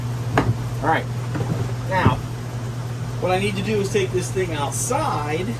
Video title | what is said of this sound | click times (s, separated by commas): Replacing carburetor on Troy-Bilt TB110 lawnmower | Lo wire back on you feel it click into place you know you're right | 0.4 s